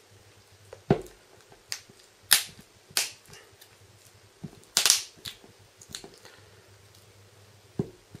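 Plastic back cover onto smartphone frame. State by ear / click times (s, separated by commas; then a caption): seated / 1.7 s, 2.3 s, 3.0 s, 4.8 s. A plastic back cover is pressed onto the frame of a Samsung Galaxy S4 (i9500/i9505) smartphone around its edge during reassembly after an LCD replacement. Its clips snap in one after another with sharp clicks at 1.7, 2.3, 3.0 and 4.8 seconds, among softer handling taps and rustles. The cover ends up seated in place, and someone talks.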